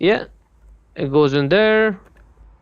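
A rear tail light housing on a 2015–2024 Nissan Murano is being handled into position against the vehicle body, meant to sit behind the rubber flap until its plastic clip snaps in. Someone talks in short bursts, with only quiet background between them. Nothing has seated or clicked yet.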